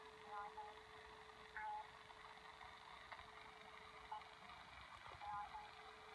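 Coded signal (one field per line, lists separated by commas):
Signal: numbers station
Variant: G06, German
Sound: faint spoken words at intervals over a steady low hum and static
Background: radio static, carrier hum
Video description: Message: 691 00000 Ich glaube das ist eine "Null-Message", also nichts los bei den Spionen.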